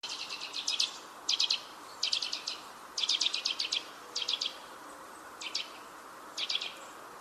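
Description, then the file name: Eurasian nuthatch calls: rapid rattling bursts of high notes, each under a second long, repeated several times over a steady rushing background noise. "Sitta europaea"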